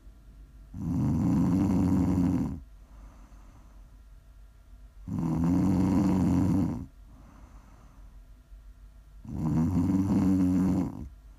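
Three loud, rumbling snores about four seconds apart, roughly 14 a minute, each lasting close to two seconds, with quiet breathing between them. This is steady, low-pitched ASMR snoring on inhalation from a sleeping adult.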